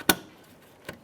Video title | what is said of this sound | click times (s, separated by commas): How to Replace Windshield Washer Reservoir 2011-2021 Jeep Grand Cherokee | Press it in, listen for a click. | 0.1 s